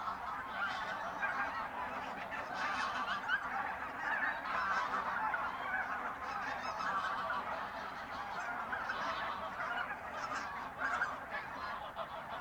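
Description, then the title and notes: Goose: geese in a large flock give a steady wall of overlapping honking calls, many birds calling at once throughout. Binaural recording in a re-naturalised polder area at Sellstedt, Germany, 9 November 2020; ORTF pair of SC 140 microphones with windjammer, TASCAM DR100 MK3 recorder. "Binaural recording of birds at Polder Glies, Sellstedt, Germany"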